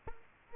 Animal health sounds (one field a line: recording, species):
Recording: mosquito wingbeat signal from an infrared sensor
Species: Culex quinquefasciatus